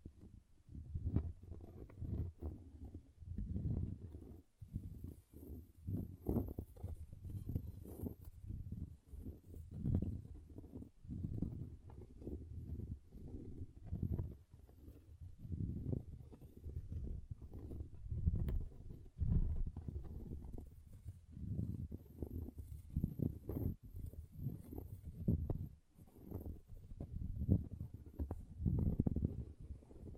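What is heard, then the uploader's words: An object is scratched in a steady, irregular series of rough, muffled strokes that run for the whole half minute with only brief gaps. The sound stays dull and low, with no bright edge, and a faint thin whine sits high above it at times. ASMR Brain Melting Object Scratching (No Talking).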